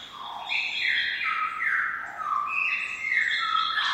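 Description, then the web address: Lyrebird squawking, continuous harsh, stepped notes sliding down and up, loud throughout. More than one lyrebird, squawking. "lyrebirds squaking. lyrebirds squeaking"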